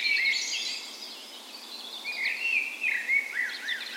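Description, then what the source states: Birds in dawn chorus, fluid whistled phrases and a run of quick up-and-down notes near the end, with softer songs behind. Dawn chorus in a park west in Bergen, Norway, on the spring morning of 17 May, Norway's National Day; recorded with a Sony PCM A10 and LOM micro Usi mics as 'tree ears'.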